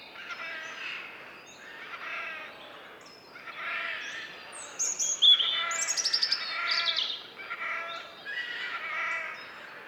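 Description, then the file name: Eurasian jay giving several hoarse, grating calls, with high chirping notes from a small bird midway through. "Garrulus glandarius"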